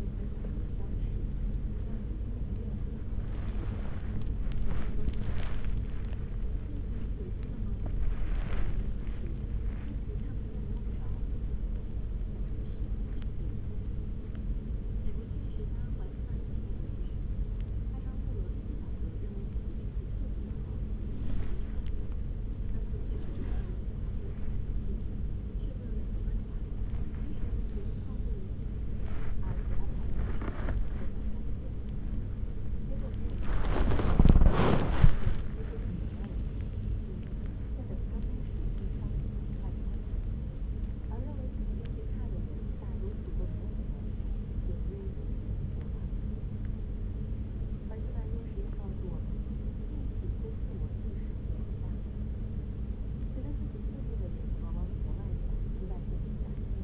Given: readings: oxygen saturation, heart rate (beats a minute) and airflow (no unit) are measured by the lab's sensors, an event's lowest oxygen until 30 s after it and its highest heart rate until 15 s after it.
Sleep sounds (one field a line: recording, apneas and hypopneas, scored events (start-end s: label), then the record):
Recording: a person awake in a sleep study, by a smartphone at the bedside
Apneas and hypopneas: none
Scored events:
0.00-56.84 s: awake
From the record:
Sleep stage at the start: awake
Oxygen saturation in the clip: 94 to 98%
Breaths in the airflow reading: 12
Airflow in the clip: -9.1 to 7.0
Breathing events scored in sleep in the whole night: 335 in 6.7 hours asleep